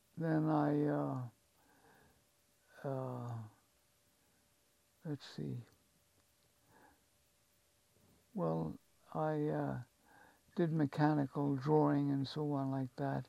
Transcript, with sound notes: then I - [pause] let's see - [pause] well, I did mechanical drawing and so on like that,